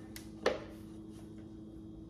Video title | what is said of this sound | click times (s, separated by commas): Unboxing the Nama C2 | pretty light, but I heard it, then we can go ahead and press start. | 0.2 s, 0.5 s